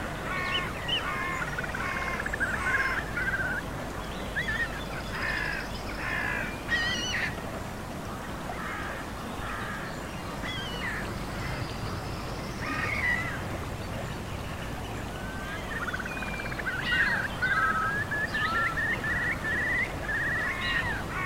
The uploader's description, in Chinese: 真实录制的大自然白噪音氛围